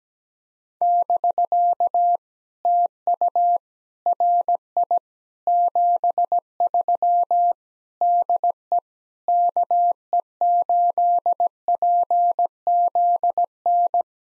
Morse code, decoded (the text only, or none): <BK> TU RI 73 DE KE8PZN